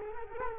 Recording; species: mosquito wingbeat signal from an infrared sensor; Culex quinquefasciatus